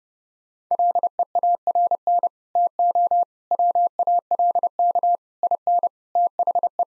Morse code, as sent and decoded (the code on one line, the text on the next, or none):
.-.. . .- .-. -. / - --- / .-- .- .-.. -.- / .. -. / - .... .
LEARN TO WALK IN THE